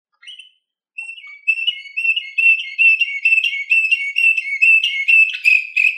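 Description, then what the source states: Canary song: a short opening note, then a smooth, fast trill building in strength, rolling steadily at the same pitch with a brighter burst near the end. Canary, recording named Orpheus V3.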